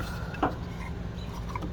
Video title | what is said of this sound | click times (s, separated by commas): 1990 454 SS ... Ls swap ... Installing a fuse to the battery main power | that side snapped in. | 0.4 s